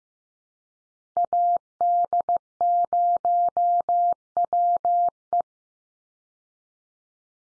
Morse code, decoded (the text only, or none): AD0WE